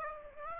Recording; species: mosquito wingbeat signal from an infrared sensor; Aedes aegypti